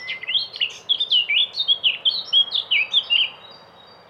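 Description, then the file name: Eurasian blackcap song: loud, clear fluty phrases with looping, falling whistles in quick succession, fading out after about three and a half seconds. "moenchsgrasmuecke"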